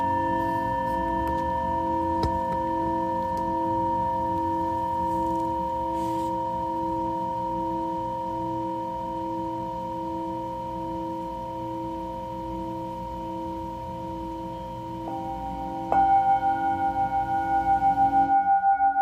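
A Tibetan singing bowl hums with a steady, shimmering ringing tone, then a second, brighter bowl is struck near the end, louder and pulsing.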